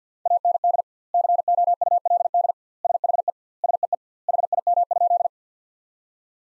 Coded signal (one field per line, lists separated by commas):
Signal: Morse code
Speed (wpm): 50 wpm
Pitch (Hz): 700 Hz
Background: none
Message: AND COULD SHE SEE HIM?